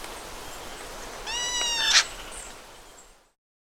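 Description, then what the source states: Strong-billed woodcreeper call: a single nasal, steady note with a stack of harmonics ending in a brief burst, over light hiss before the sound fades out. Recorded in South America.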